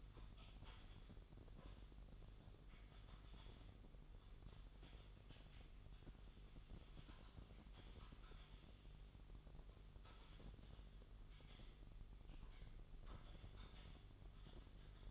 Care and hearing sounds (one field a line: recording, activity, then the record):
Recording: daily activity, microphone in the room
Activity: typing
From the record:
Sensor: 4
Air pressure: 989.6 hPa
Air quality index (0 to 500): 226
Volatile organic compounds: 87 ppm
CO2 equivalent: 3660 ppm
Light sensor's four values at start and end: 26/91/33/35 and 26/91/33/35